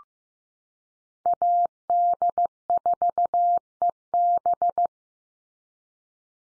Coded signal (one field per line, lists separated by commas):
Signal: Morse code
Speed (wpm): 15 wpm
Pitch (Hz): 700 Hz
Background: none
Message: AD4EB